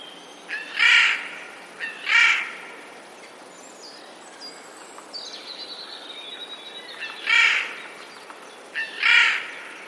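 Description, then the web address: Eurasian jay harsh screeching calls, four rasping bursts in two pairs, with faint thin bird calls in between. Recorded 11 April 2021; labelled as a warning call. "wroblowe ostrzegator sojka"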